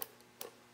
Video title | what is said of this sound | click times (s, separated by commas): FrSky Taranis Backing Up and Restoring Model Bin Files | Make sure you push it and you hear that click. | 0.0 s, 0.4 s